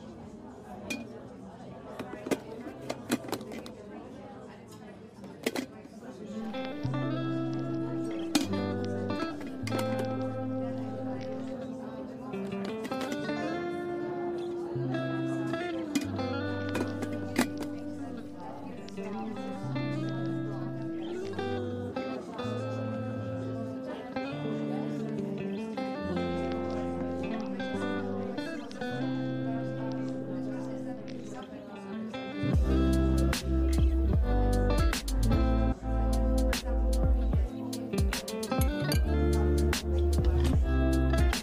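Coffee shop ambience with music playing throughout: a steady bass line, regular beats and sustained melodic notes, with voices murmuring underneath and a few light clinks. Around 33 seconds the music turns noticeably louder and heavier in the low end.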